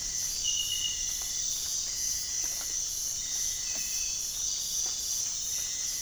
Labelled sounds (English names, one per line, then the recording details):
none
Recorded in pastures near Puerto Asís, Putumayo, Colombia, on 25 June 2025 at 05:00
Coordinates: 0.466, -76.322
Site GP07